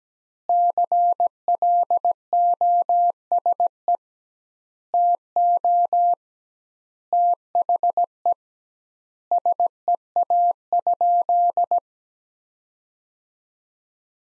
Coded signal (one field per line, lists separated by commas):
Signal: Morse code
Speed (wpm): 17 wpm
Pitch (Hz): 700 Hz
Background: none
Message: CLOSE TO THE SEA?